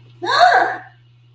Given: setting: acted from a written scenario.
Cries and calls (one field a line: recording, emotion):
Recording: vocal sound without words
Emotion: elation